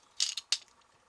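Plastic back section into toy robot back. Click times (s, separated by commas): 0.5 s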